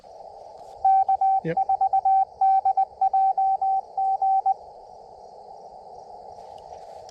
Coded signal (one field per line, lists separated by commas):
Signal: Morse code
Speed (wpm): 20 wpm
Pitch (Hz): 770 Hz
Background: none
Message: K4DJG